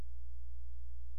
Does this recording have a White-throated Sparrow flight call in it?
no